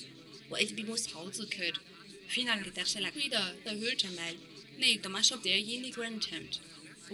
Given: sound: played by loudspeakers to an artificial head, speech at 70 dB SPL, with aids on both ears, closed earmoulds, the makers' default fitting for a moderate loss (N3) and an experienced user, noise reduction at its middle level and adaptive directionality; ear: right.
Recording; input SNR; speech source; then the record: speech test signal (ISTS) in cocktail-party noise; +6 dB; on the right (90 degrees)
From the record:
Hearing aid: class 2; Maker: J